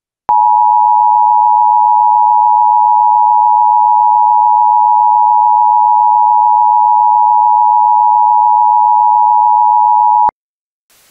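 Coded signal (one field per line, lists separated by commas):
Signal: Emergency Alert System (SAME) tones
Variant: 853 and 960 Hz attention tone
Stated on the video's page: Fictional mock of a national EAS test.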